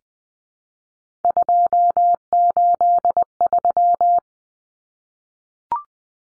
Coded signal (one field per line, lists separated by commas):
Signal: Morse code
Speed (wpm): 20 wpm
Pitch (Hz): 700 Hz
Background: none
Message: 283